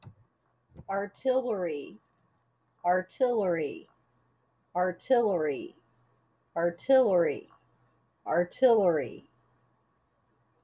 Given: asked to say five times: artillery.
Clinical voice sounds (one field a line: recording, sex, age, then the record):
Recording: repeated word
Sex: female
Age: 50 to 59 years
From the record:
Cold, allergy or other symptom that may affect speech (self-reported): no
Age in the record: 57 years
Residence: Arizona, United States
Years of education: 14